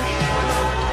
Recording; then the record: coughing mixed with background sound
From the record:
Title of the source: female coughing - coughing sound effects girl